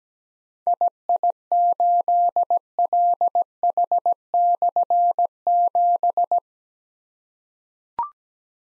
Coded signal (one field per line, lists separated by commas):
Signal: Morse code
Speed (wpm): 17 wpm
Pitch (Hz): 700 Hz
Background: none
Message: II8LH/7